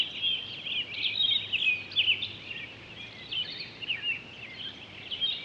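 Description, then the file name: Townsend's solitaire pouring out a quick, bubbling warble of high notes, loudest in the first seconds, with a faint low hum in the background. Recorded 23 October 2011. "20111023 townsends-solitaire"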